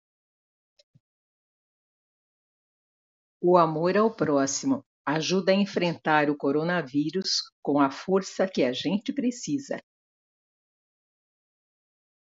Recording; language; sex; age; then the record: spoken sentence; Brazilian Portuguese; female; 60 to 69 years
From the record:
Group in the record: control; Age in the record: 68 years